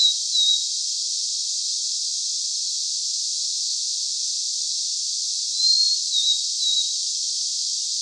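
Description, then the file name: Blue-and-white flycatcher song with a clipped phrase at the start and a full whistled phrase later, steady hiss behind. "Cyanoptila cyanomelana"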